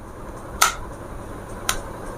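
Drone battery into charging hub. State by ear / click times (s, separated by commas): seated / 0.6 s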